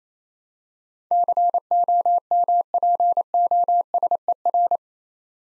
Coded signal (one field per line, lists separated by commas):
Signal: Morse code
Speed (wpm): 27 wpm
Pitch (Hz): 700 Hz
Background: none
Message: COMPOSER